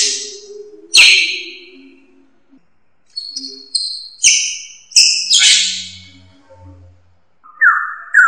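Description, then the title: Drongo calls of scattered harsh squawks and sharp notes, ending with a couple of clearer whistled slurs. "Suara Srigunting. Hobiburung"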